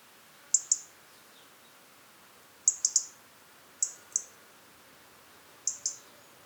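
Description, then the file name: European robin calling in quick groups of two or three high, sharp ticks, separated by gaps of one to two seconds over soft background hiss. "Erithacus rubecula"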